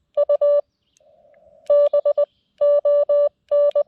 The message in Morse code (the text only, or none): U B ON